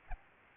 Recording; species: mosquito wingbeat signal from an infrared sensor; Aedes albopictus